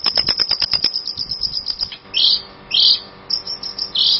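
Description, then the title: Long-tailed shrike song: a quick run of dry clicking notes, then a few harsh, buzzy high bursts. Champion-grade songbird. "Kicau Burung Cendet Juara"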